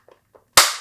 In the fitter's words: and it snaps right in